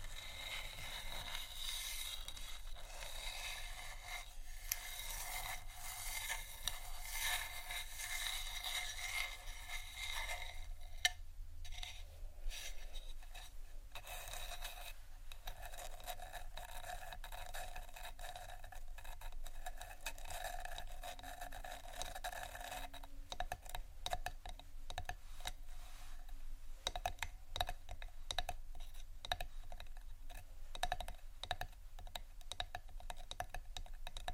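A marble taps and scratches over wood in a dense, uneven run of small clicks and scrapes. The first ten seconds are smoother and hissier, then sharper taps and crinkly bursts take over, growing busier and more rapid after about 25 seconds.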